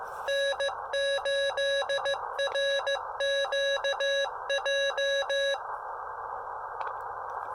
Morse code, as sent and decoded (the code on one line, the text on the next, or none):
-. ---.. .-. --.- .---
N8RQJ